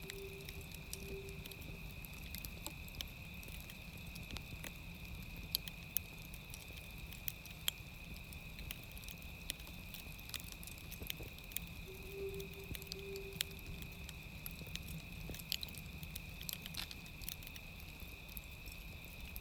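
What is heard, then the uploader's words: A fire crackles, with sharp pops and snaps scattered throughout over a steady low rumble and a constant high whine. Twice, near the start and again around twelve seconds, a soft, low hoot-like tone drifts in. An ambient mix of nighttime sounds from 19th century California.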